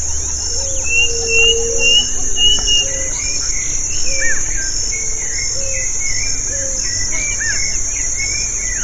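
Mixed bird calls: recurring low whistled notes and scattered higher chirps and slurs, over a persistent shrill insect background.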